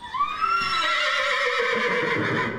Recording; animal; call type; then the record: contact call of a hoofed animal; horse; whinny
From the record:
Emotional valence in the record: negative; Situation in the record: group separation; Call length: 2.7 s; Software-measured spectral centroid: 2320 Hz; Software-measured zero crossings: 3340 a second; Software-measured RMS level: -24 dBFS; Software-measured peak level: -12 dBFS